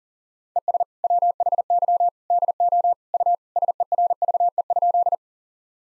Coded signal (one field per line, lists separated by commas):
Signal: Morse code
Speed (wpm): 40 wpm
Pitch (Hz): 700 Hz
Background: none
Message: ES WHY DO U SERVE?